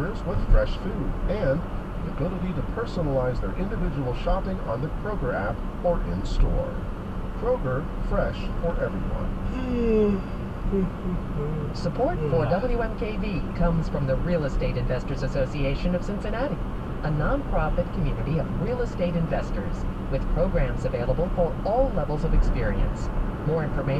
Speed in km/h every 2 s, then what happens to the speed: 63, 64, 63, 64, 66, 66, 66, 66, 66, 66, 64, 63.
0-24 steady at about 64.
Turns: none.